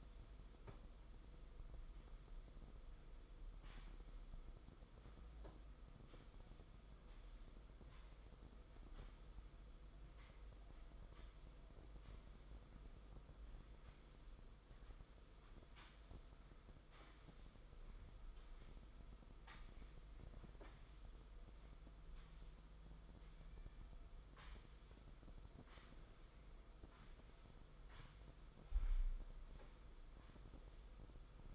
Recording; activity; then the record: daily activity, microphone in the room; sweep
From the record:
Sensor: 5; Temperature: 22.3 degrees Celsius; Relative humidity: 52.2%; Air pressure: 990.7 hPa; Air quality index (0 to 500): 163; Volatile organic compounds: 287 ppm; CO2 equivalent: 4452 ppm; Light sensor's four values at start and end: 42/130/50/53 and 42/129/49/53